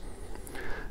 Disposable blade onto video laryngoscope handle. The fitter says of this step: I say the blades are disposable they just clip onto the device lock into place now